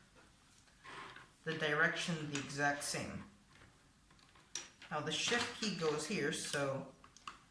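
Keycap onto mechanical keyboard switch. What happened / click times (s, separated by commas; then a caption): Handled, not yet home: keycap not yet snapped onto its switch / none. Someone talks while handling a plastic Shift keycap over a mechanical keyboard, lining it up to be pressed down onto the switch stem and stabilizers, with a few brief handling taps near the end. Nothing has seated or clicked yet.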